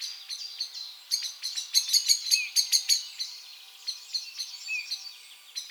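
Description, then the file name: Eurasian blackbird calls: sharp clicking chinks, several in a fast run near the middle, with scattered softer chirps and short gaps. "Turdus merula"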